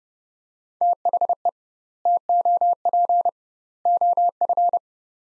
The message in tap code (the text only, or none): none